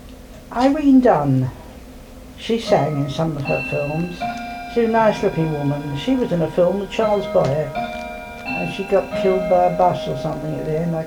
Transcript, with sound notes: Irene Dunne. She sang in some of her films. [clock chimes]. She was a nice looking woman. She was in a film with Charles Boyer. And she got killed by a bus or something at the end.